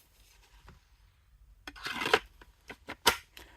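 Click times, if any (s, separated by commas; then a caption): 3.1 s. A heavy, broad-bladed knife is slid into a Kydex sheath, making a scraping, rustling slide with a few small taps. The retention catches with a sharp click at 3.1 s, and the knife is seated.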